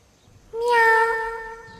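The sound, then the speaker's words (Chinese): In an audio drama, a person imitates a cat with a single drawn-out meow, rising then slowly falling, with clear bright harmonics, held for over a second against a quiet background. “展昭叫了一声之后，听到一声猫叫，还带着一股人味。白玉堂望了望天，一听就知道是人学着猫叫的。”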